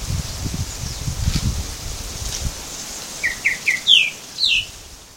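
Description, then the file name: Tropical mockingbird song: a short run of chirpy, slurred phrases in the second half, rising to a few higher notes, over rustling and low wind noise. Mimus gilvus recorded at Baby Beach, Aruba, on 21 November 2013. "Mimus-gilvus-Baby Beach-Aruba. ASilveira"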